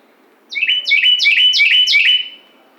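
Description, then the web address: Carolina wren song: five loud, rapid ringing phrases, each a sharp downward slur into a steady whistled note. Recorded 11 July 2009. "Carolina Wren 2009 07 11"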